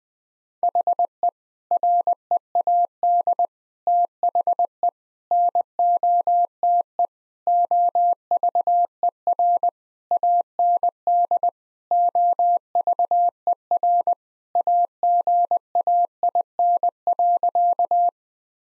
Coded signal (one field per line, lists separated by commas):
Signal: Morse code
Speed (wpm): 21 wpm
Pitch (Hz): 700 Hz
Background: none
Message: HE READ THE NOTE OVER AND OVER AGAIN.